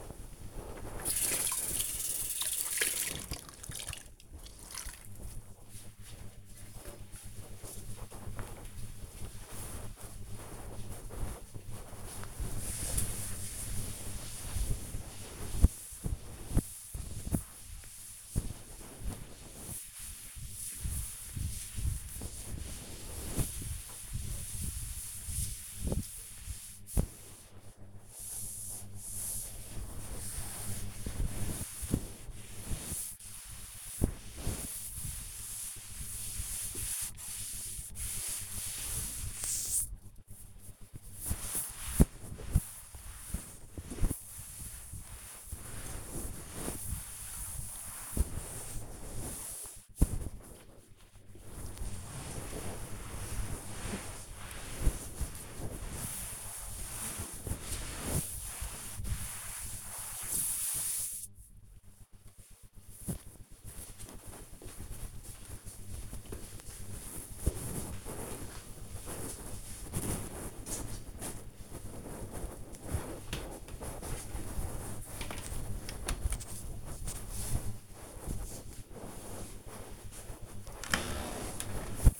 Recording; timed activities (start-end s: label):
household activities, microphone on the right wrist
0.00-61.53 s: cleaning table
79.63-82.20 s: cleaning out the dishwasher